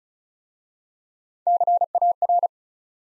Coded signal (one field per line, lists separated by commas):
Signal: Morse code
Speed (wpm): 36 wpm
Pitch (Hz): 700 Hz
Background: none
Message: CAR